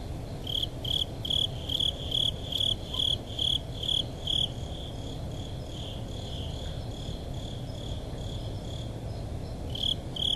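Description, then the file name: Japanese burrowing cricket chirping in quick, regular pulses for about four seconds, pausing, then resuming briefly at the end, with low background rumble throughout. "tuzuresase"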